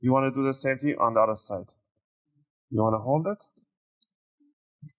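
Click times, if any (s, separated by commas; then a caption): 4.0 s, 4.9 s. A man talks while holding and lifting the palm rest of an HP Pavilion x360 13-u108 laptop on its second side to release the hook under the keyboard. After the talking, two short clicks are heard at about 4.0 s and 4.9 s as the palm rest hook unhooks from the chassis.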